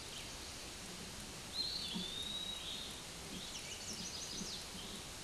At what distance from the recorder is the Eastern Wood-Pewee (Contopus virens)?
about 20 m